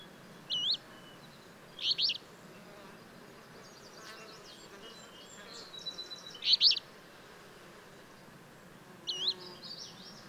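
Bird song: a handful of quick high chirped phrases spaced irregularly, mixed with faint whistles and twitters, over a low steady hiss.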